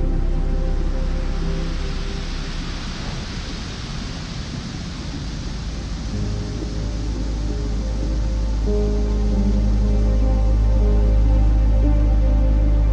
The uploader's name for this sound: Calm Piano Music, and Ocean Waves